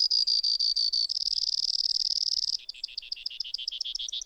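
Brewer's sparrow singing a loud, even trill that speeds into a dry buzz, then drops into a lower, wavering trill of rapid notes.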